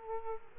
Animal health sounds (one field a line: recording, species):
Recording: mosquito wingbeat signal from an infrared sensor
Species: Aedes aegypti